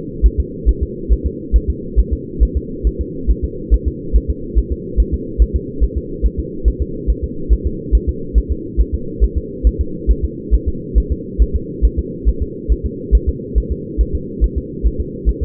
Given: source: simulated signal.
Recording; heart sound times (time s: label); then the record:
fetal heart sounds
0.26 s: S1
0.40 s: S2
0.69 s: S1
0.83 s: S2
1.12 s: S1
1.26 s: S2
1.56 s: S1
1.70 s: S2
1.99 s: S1
2.13 s: S2
2.43 s: S1
2.57 s: S2
2.87 s: S1
3.01 s: S2
3.31 s: S1
3.45 s: S2
3.74 s: S1
3.88 s: S2
4.16 s: S1
4.30 s: S2
4.59 s: S1
4.72 s: S2
5.00 s: S1
5.14 s: S2
5.42 s: S1
5.56 s: S2
5.84 s: S1
5.98 s: S2
6.26 s: S1
6.39 s: S2
6.68 s: S1
6.82 s: S2
7.10 s: S1
7.24 s: S2
7.53 s: S1
7.67 s: S2
7.95 s: S1
8.09 s: S2
8.38 s: S1
8.52 s: S2
8.81 s: S1
8.95 s: S2
9.24 s: S1
9.38 s: S2
9.67 s: S1
9.81 s: S2
10.11 s: S1
10.25 s: S2
10.54 s: S1
10.68 s: S2
10.98 s: S1
11.12 s: S2
11.42 s: S1
11.56 s: S2
11.85 s: S1
11.99 s: S2
12.29 s: S1
12.42 s: S2
12.72 s: S1
12.86 s: S2
13.15 s: S1
13.29 s: S2
13.58 s: S1
13.72 s: S2
14.01 s: S1
14.15 s: S2
14.44 s: S1
14.58 s: S2
14.86 s: S1
15.00 s: S2
15.29 s: S1
15.43 s: S2
From the record:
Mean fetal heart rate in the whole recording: 140 bpm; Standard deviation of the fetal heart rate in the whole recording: 2 bpm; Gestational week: 34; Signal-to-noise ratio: -4.3 dB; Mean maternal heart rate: 72 bpm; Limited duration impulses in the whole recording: absent